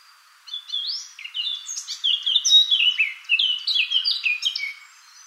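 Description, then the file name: Eurasian blackcap song, a fast rich warble of varied chirps and slurred notes that mostly drop in pitch, running continuously for about four and a half seconds. "Sylvia atricapilla"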